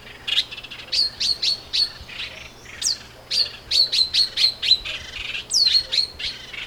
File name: Pale baywing